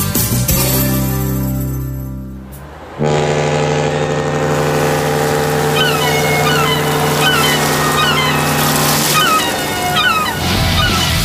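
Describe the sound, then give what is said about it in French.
The engine of the SS Requis, a boat rented for the summer, drones with a steady, tonal hum, shifting to a louder, fuller rumble after a brief dip, while scattered chirping cries rise over the churning water noise. “Troisième heure de la vie de croisière d'Assemblage Requis en direct du SS Requis, notre merveilleux bateau qu'on a loué pour l'été.”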